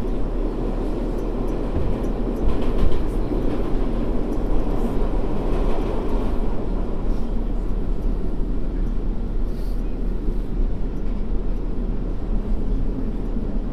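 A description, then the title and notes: A subway or train ride on the MTA, a steady low rumble and roar throughout, with faint brief higher clatters around two to six seconds. A binaural field recording, from the Queens Museum to my apartment in Harlem via the MTA.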